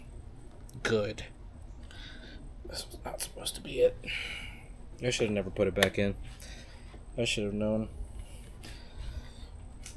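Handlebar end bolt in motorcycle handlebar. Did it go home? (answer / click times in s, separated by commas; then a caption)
no / 8.6 s, 9.9 s. A stuck, cross-threaded metal handlebar end bolt is turned in the handlebar of a 2024 Kawasaki ZX6R while installing a lever guard. Someone talks, then creaking and mechanical slips are heard at 8.7 s and 9.9 s as the bolt thread strips while turning.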